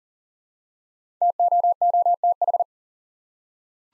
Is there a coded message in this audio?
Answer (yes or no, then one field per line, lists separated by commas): yes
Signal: Morse code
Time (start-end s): 1.2-2.6 s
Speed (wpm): 40 wpm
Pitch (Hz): 700 Hz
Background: none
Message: TOOTH